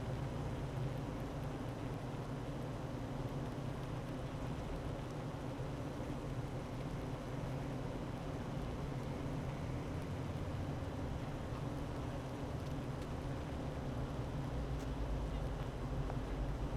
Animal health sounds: honeybee colony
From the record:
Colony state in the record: active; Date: 12 June 2018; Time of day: 9:10

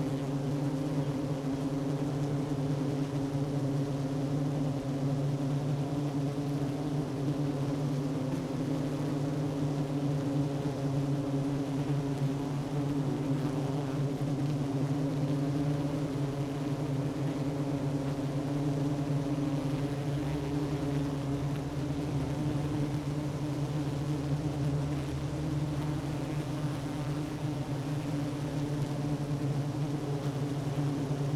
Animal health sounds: honeybee colony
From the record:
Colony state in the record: active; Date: 12 June 2018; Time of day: 10:20

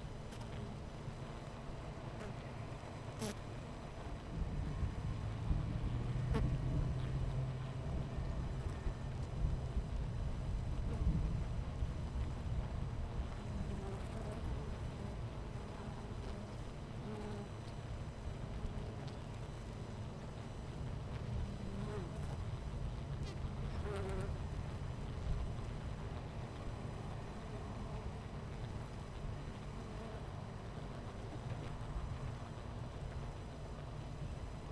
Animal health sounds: honeybee colony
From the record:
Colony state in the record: missing queen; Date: 14 July 2017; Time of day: 10:58

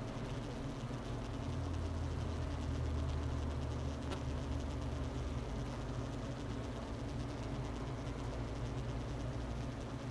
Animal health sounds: honeybee colony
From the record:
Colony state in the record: missing queen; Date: 31 May 2018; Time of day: 11:51

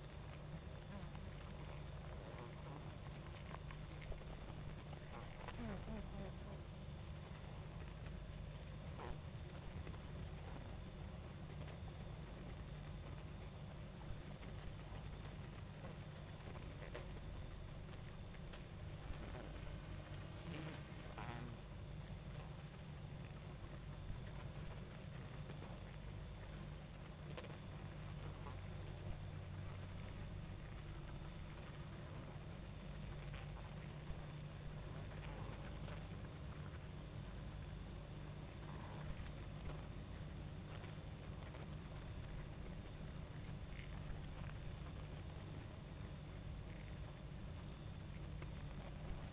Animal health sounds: honeybee colony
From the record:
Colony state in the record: active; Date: 28 July 2017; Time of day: 21:30

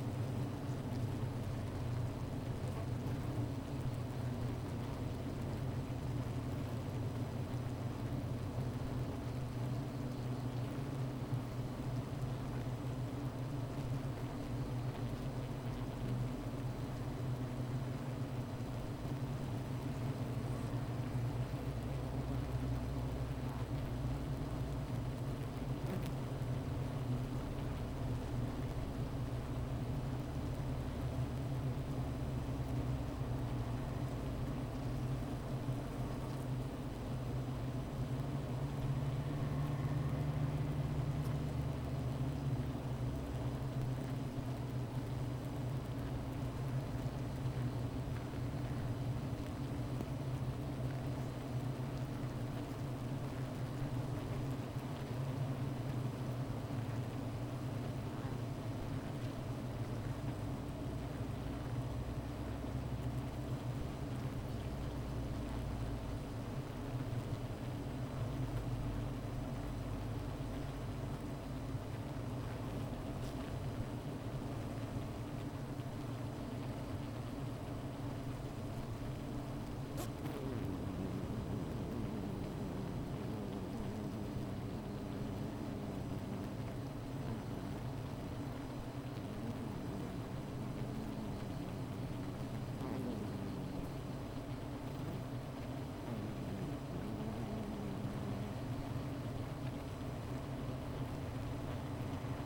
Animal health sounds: honeybee colony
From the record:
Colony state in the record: missing queen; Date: 14 July 2017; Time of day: 15:04

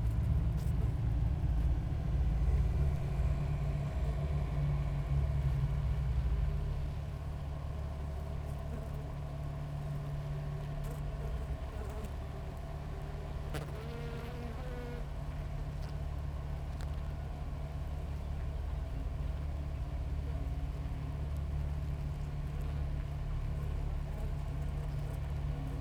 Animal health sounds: honeybee colony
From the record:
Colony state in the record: active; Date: 28 July 2017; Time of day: 6:09

